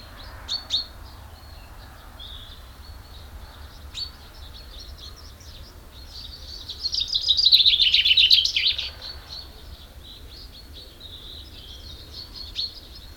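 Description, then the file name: Common chaffinch song: one loud phrase of high notes lasting about two seconds midway, with fainter notes before and after. "Fringilla coelebs"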